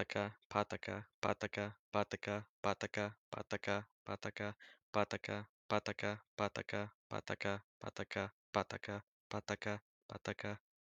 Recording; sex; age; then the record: repeated syllables /pa ta ka/; male; 18 to 19 years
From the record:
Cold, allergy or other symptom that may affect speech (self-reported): no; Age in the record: 18 years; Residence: Illinois, United States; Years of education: 12